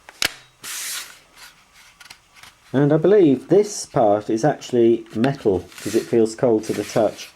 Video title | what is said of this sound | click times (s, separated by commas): HOOVER FREEMOTION CYCLEAN UNBOXING AND DEMONSTRATION | and just a push until it clicks | 0.2 s